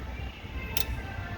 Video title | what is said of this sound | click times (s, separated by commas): How to replace struts on a 8th gen honda civic (06-11) | you should just click right in here | 0.8 s